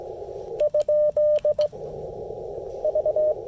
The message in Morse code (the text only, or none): ? V